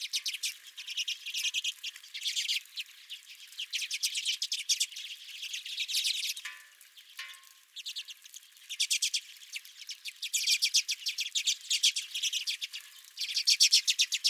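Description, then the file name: Redpolls trilling and chipping in busy bursts, with a short quieter gap near the middle before the chatter resumes. Several redpolls at a home feeder. "Redpolls at My Feeder"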